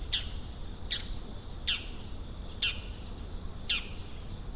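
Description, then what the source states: Bull-headed shrike giving five sharp, high, downslurred notes about one second apart over a steady insect drone. Recorded 16 September 2020.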